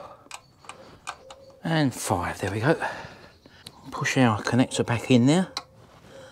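After a spark plug change on a Vauxhall Opel Astra G Mk4 1.8 engine, an electrical connector is handled to be pushed back onto the ignition coil pack. A few short, sharp ticks and taps come early on while someone talks. Nothing has seated or clicked in yet.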